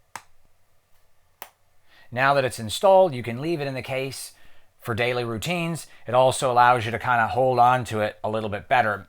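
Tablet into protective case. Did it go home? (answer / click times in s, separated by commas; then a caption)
yes / 0.2 s, 1.4 s. An iPad Pro, lined up corner to corner at top and bottom in a padded protective case, is rested down on the other side and pressed until the case edge locks over it. Two sharp snaps are heard at 0.2 s and 1.4 s, then someone talks from about 2 s onward. The tablet is seated in the case.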